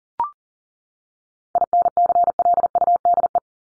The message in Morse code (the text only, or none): INCLUDE